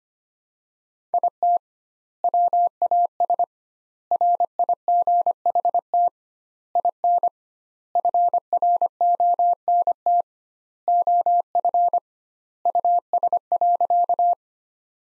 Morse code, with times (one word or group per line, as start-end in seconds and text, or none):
1.1-1.6 IT
2.2-3.4 WAS
4.1-6.1 RIGHT
6.8-7.3 IN
8.0-10.2 FRONT
10.9-12.0 OF
12.7-14.3 US.